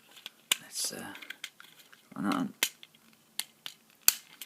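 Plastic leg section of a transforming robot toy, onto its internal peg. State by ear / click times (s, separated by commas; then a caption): seated / 4.1 s. Someone talks while handling a Transformazing Toys PB01 Mebsuta (Pandora's Box 01, Ultra Magnus) transforming robot toy, with small plastic taps and clicks along the way. A plastic leg section is pulled down over its internal peg and locks into place with a sharp, loud click at 4.1 s, so the leg section is seated.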